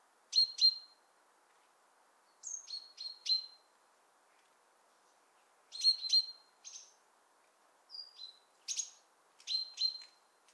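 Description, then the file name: Great tit giving short bright chipping notes in twos and threes, with a few higher thin notes mixed in, over a low steady background hiss. "Parus major"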